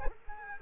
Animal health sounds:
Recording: mosquito wingbeat signal from an infrared sensor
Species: Culex quinquefasciatus

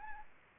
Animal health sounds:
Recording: mosquito wingbeat signal from an infrared sensor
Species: Anopheles arabiensis

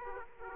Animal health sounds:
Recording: mosquito wingbeat signal from an infrared sensor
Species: Aedes aegypti

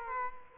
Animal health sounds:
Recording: mosquito wingbeat signal from an infrared sensor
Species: Culex quinquefasciatus

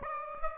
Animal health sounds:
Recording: mosquito wingbeat signal from an infrared sensor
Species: Aedes aegypti

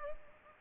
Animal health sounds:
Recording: mosquito wingbeat signal from an infrared sensor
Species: Culex pipiens

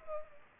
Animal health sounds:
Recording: mosquito wingbeat signal from an infrared sensor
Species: Culex pipiens

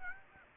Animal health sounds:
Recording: mosquito wingbeat signal from an infrared sensor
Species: Aedes aegypti

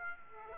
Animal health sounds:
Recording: mosquito wingbeat signal from an infrared sensor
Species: Aedes aegypti

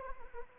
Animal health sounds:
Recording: mosquito wingbeat signal from an infrared sensor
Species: Anopheles arabiensis

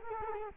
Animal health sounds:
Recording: mosquito wingbeat signal from an infrared sensor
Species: Culex quinquefasciatus

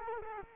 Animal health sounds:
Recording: mosquito wingbeat signal from an infrared sensor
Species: Culex quinquefasciatus

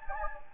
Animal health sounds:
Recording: mosquito wingbeat signal from an infrared sensor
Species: Anopheles gambiae

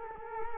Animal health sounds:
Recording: mosquito wingbeat signal from an infrared sensor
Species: Culex quinquefasciatus

